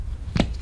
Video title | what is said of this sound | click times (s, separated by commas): How to; Honda Jazz Air filter intake #honda #jazz #airfilters | hear it click | 0.4 s